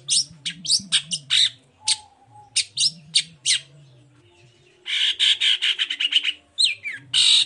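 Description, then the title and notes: Long-tailed shrike song: spaced harsh notes, then a dense buzzy, scratchy phrase and a final harsh burst. Morning song with full "toet toet" variations from a constantly singing (gacor) bird, used as a lure to provoke other long-tailed shrikes to answer. "Langsung NYAUTTTTT ! Cendet Gacor Dor Di Kala Pagi Toet Toet Variasi Suara. Pancingan Emosi Cendet Gacor Full Variasi Toet Toet Bikin Nyaut Cendet Lain Langsung Ikutan Bunyi. Burung cendet"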